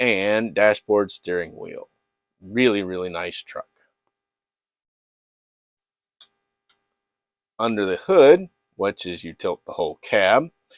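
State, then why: Seated. Someone talks before and after the tilting cab of a diecast Kenworth K100 model truck is moved on its plastic and metal chassis. In the quiet gap, a sharp click at 6.2 s marks the cab locking into place, followed by a fainter tick at 6.7 s. The cab is seated and clicks in better than earlier releases did.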